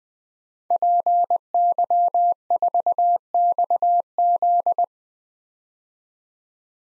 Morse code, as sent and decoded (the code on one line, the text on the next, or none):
.--. -.-- ....- -..- --..
PY4XZ